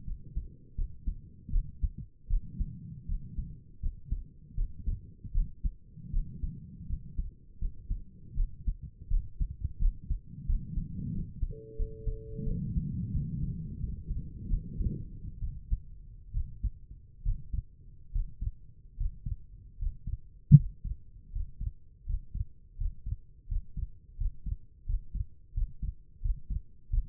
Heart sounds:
heart sounds by stethoscope; 80 bpm
0.06 s: heartbeat
0.76 s: heartbeat
1.52 s: heartbeat
2.29 s: heartbeat
3.07 s: heartbeat
3.81 s: heartbeat
4.56 s: heartbeat
5.33 s: heartbeat
6.12 s: heartbeat
6.88 s: heartbeat
7.60 s: heartbeat
8.36 s: heartbeat
9.09 s: heartbeat
9.80 s: heartbeat
10.47 s: heartbeat
11.13 s: heartbeat
11.77 s: heartbeat
12.45 s: heartbeat
13.12 s: heartbeat
13.79 s: heartbeat
14.49 s: heartbeat
15.40 s: heartbeat
16.33 s: heartbeat
17.24 s: heartbeat
18.13 s: heartbeat
18.97 s: heartbeat
19.78 s: heartbeat
20.56 s: heartbeat
21.32 s: heartbeat
22.06 s: heartbeat
22.77 s: heartbeat
23.48 s: heartbeat
24.17 s: heartbeat
24.86 s: heartbeat
25.54 s: heartbeat
26.21 s: heartbeat
26.90 s: heartbeat
From the record:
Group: healthy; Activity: rest 0-12 s, Valsalva maneuver 12-27 s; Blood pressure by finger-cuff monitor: 92/61 mmHg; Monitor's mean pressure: 70 mmHg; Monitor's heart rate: 82 bpm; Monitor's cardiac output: 6.2 L/min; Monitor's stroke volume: 76 mL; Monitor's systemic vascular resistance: 820 dyn s/cm5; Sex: female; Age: 22 years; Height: 163 cm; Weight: 67.1 kg

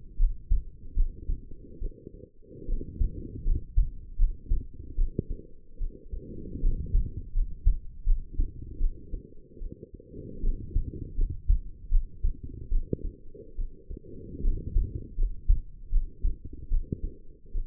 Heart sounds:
heart sounds by stethoscope; 76 bpm
0.17 s: heartbeat
0.95 s: heartbeat
1.79 s: heartbeat
2.66 s: heartbeat
3.44 s: heartbeat
4.17 s: heartbeat
4.96 s: heartbeat
5.78 s: heartbeat
6.61 s: heartbeat
7.33 s: heartbeat
8.04 s: heartbeat
8.78 s: heartbeat
9.59 s: heartbeat
10.41 s: heartbeat
11.15 s: heartbeat
11.89 s: heartbeat
12.69 s: heartbeat
13.56 s: heartbeat
14.42 s: heartbeat
15.16 s: heartbeat
15.90 s: heartbeat
16.69 s: heartbeat
17.52 s: heartbeat
From the record:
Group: healthy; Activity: rest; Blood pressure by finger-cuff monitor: 108/71 mmHg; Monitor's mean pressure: 84 mmHg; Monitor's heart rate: 77 bpm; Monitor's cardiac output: 6.1 L/min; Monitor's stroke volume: 79 mL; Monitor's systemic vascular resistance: 1030 dyn s/cm5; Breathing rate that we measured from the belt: 16 breaths a minute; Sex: female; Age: 22 years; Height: 160 cm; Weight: 45 kg

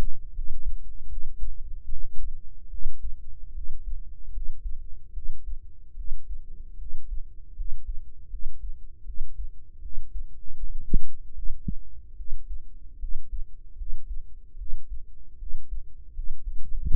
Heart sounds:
heart sounds by microphone in the right ear; 76 bpm
0.33 s: heartbeat
1.08 s: heartbeat
1.87 s: heartbeat
2.69 s: heartbeat
3.53 s: heartbeat
4.31 s: heartbeat
5.12 s: heartbeat
5.95 s: heartbeat
6.77 s: heartbeat
7.54 s: heartbeat
8.29 s: heartbeat
9.04 s: heartbeat
9.80 s: heartbeat
10.57 s: heartbeat
11.33 s: heartbeat
12.15 s: heartbeat
12.98 s: heartbeat
13.76 s: heartbeat
14.56 s: heartbeat
15.37 s: heartbeat
16.13 s: heartbeat
16.87 s: heartbeat
From the record:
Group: healthy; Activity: rest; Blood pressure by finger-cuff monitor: 99/57 mmHg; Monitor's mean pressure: 71 mmHg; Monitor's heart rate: 76 bpm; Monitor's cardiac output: 6.9 L/min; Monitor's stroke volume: 92 mL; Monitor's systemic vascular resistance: 740 dyn s/cm5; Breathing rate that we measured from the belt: 19 breaths a minute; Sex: female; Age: 19 years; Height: 163 cm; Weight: 48.9 kg

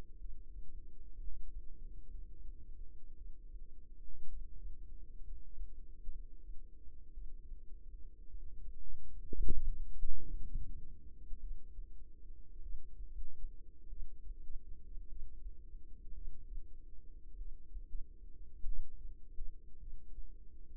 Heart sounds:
heart sounds by microphone in the right ear; 55 bpm
0.20 s: heartbeat
1.19 s: heartbeat
2.10 s: heartbeat
3.16 s: heartbeat
4.28 s: heartbeat
5.23 s: heartbeat
6.11 s: heartbeat
7.13 s: heartbeat
8.29 s: heartbeat
9.35 s: heartbeat
10.26 s: heartbeat
11.39 s: heartbeat
12.61 s: heartbeat
13.88 s: heartbeat
15.07 s: heartbeat
16.13 s: heartbeat
17.36 s: heartbeat
18.64 s: heartbeat
19.78 s: heartbeat
From the record:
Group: healthy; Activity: rest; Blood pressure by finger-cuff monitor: 89/56 mmHg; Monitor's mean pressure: 65 mmHg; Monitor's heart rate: 57 bpm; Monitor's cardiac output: 4.6 L/min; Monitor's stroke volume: 78 mL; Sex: female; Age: 36 years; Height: 163 cm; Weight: 88 kg

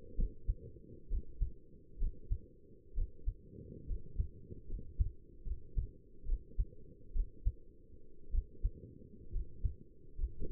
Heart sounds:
heart sounds by stethoscope; 66 bpm
0.17 s: heartbeat
1.10 s: heartbeat
2.00 s: heartbeat
2.96 s: heartbeat
3.88 s: heartbeat
4.69 s: heartbeat
5.46 s: heartbeat
6.27 s: heartbeat
7.14 s: heartbeat
8.33 s: heartbeat
9.33 s: heartbeat
10.19 s: heartbeat
From the record:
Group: healthy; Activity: rest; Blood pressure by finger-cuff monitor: 107/62 mmHg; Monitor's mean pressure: 78 mmHg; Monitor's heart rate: 64 bpm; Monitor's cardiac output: 6.3 L/min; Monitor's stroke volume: 92 mL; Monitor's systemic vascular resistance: 880 dyn s/cm5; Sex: male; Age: 22 years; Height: 181 cm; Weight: 79 kg

